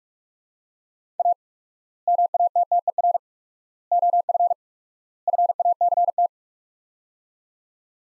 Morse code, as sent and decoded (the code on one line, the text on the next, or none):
.- / -- .- - - . .-. / --- ..-. / ..-. .- -.-. -
A MATTER OF FACT